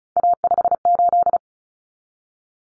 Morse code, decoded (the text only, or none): A58